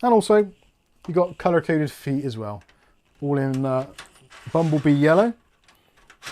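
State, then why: Seated. Someone talks while a bottom panel part is pushed home on a Thermaltake View 380 XL TG ARGB PC case, whose bottom has fans and yellow colour-coded feet. A few faint knocks come after the speech, then a sharp click at 6.1 s as the part locks into place.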